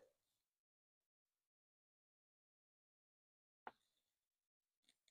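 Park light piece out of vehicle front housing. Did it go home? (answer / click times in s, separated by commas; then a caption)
released / 3.7 s. An installed custom park light piece is pressed into a vehicle's front housing, and after a brief faint sound and a quiet stretch, a single sharp pop rings out at 3.7 s. The top piece pops out of its clip and is released from the housing, followed by a few soft handling sounds.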